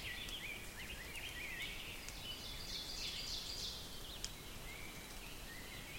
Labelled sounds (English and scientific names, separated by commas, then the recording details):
Ovenbird (Seiurus aurocapilla) song
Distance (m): 90 m
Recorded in boreal forest in Alberta, Canada, on 5 June 2016 at 07:05
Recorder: SongMeter 3, array SBT-3-51
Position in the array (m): 194 m, 9 m
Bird 27